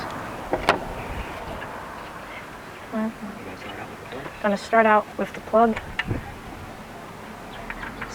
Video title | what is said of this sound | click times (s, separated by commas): 2008-2012 Ford Escape Third Brake Light Replacement | until you hear a click. That's how you know it's secure. | 7.7 s